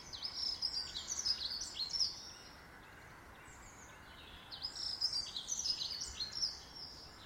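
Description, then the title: Bird song, two similar rapid high twittering phrases about four seconds apart, with a quiet pause between, over faint hiss. In a garden. "Birds Sounds in the Garden"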